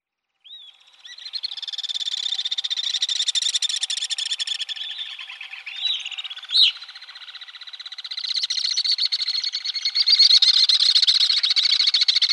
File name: Alpine Swift